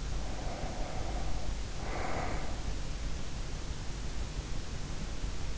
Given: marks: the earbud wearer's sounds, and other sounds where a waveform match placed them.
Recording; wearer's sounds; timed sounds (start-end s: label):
sounds in sleep by an in-ear microphone; breath
0.12-3.12 s: breath